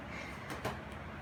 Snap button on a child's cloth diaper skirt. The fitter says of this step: 有扣扣子哦，哥哥。有。扣好了。